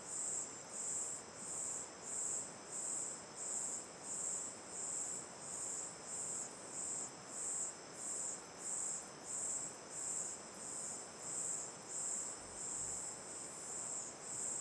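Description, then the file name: Crickets trill shrilly in crisp, even pulses, about three every two seconds, while a river rushes steadily in the background. Night ambience facing the mouth of Terra Ronca 1 cave; chorus of crickets, river on the left; A-B stereo recording. "Ambiencia olhando para boca da caverna terra ronca 1 a noite, coro de cigarras e grilos, rio a esquerda, gravacao em ab"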